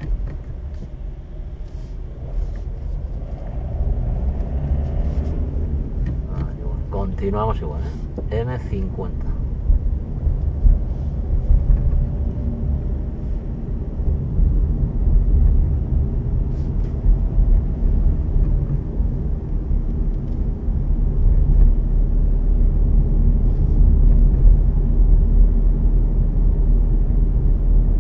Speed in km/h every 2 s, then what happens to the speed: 9, 14, 24, 23, 23, 26, 29, 30, 31, 31, 31, 32, 32, 32.
0-4 speeds up to 24. 8-15 speeds up to 31. 15-28 steady at about 31.